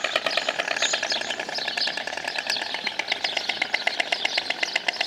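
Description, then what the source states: Stork clattering its bill in a quick, hollow rattle. Recorded 29 April 2012.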